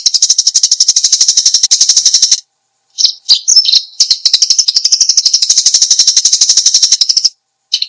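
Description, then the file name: Eurasian tree sparrow gives high chirps in a rapid, steady series of about four a second, broken by a short pause and a few irregular notes. "suara burung gereja"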